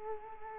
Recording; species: mosquito wingbeat signal from an infrared sensor; Culex quinquefasciatus